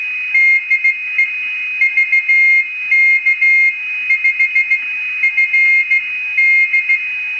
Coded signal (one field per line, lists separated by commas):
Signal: Morse code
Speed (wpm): 16 wpm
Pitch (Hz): 2150 Hz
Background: none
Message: DE VK5FD